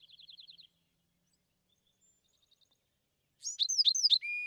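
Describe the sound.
Bewick's wren song: a quick high rattling trill, then near the end a loud complex phrase of buzzy notes and sharp downslurred whistles.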